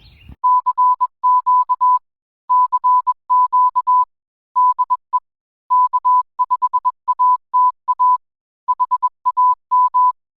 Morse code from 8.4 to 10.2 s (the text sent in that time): HAM